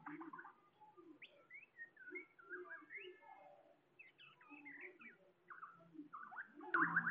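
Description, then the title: Bird song with scattered whistled slurs and chirps, ending in a louder burst of rapid notes, low hum in the background. "SuaraBurung Kicau"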